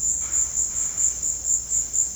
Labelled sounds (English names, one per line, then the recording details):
none
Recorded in pastures near Puerto Asís, Putumayo, Colombia, on 13 March 2025 at 16:00
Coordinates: 0.502, -76.324
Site GP07